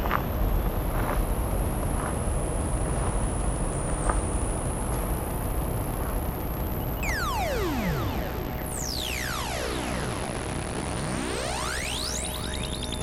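A dense, steady outdoor rumble, like wind or traffic, fills the low end throughout, with a few soft knocks early on. From about seven seconds, synthesizer tones sweep steeply up and down in bright crisscrossing glides over a high whistling drone.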